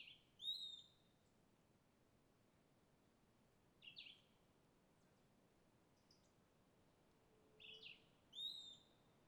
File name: Passaro isolado beira do rio mata fechada mosca tarde